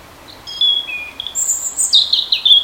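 European robin song, with clear sustained whistles on different pitches leading into a fast, fluttering cascade of very high notes.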